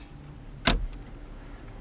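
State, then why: Seated. A second radio removal key is pushed into the other side of a 2003 Ford Ranger's stereo until it clicks into the chassis retaining clip, so the radio can then be pulled out. A sharp click at 0.7 s, followed by a faint tick at 0.9 s, stands out over a low steady background. The key is seated in the latch.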